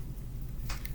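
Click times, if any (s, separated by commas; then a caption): 0.8 s. A plastic accessory is pushed into a plastic G.I. Joe action figure over a low steady hum. A brief rustle at 0.7 s is followed by a short, sharp snap at 0.9 s as the accessory pops into place and seats.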